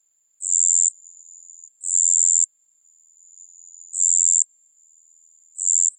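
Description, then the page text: Cricket chirping in shrill, very high bursts lasting about half a second, spaced one to two seconds apart, with a thin continuous tone between them. Crickets at night in Japan. "Insect Crickets Japan Night. Japanese insects"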